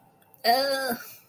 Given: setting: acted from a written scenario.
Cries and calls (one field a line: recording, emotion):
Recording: vocal sound without words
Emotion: embarrassment